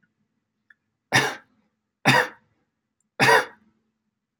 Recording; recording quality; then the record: shallow voluntary cough; excellent, no background noise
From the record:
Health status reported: healthy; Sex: male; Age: 33 years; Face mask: not worn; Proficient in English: yes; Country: United States